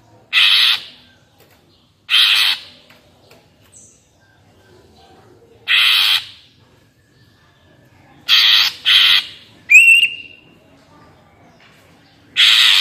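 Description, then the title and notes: Greater green leafbird giving spaced grating squawks, a quick doubled burst, then a bright rising whistle before one more harsh note. Captive-bird training (master) recording; energetic 'gacor' song in the 'ngentrok' style with crest raised ('jambul nembak'). "Cucak Ijo Gacor Ngentrok Jambul Nembak. suara burung cucak ijo gacor, merdu cocok buat masteran burung cucak ijo"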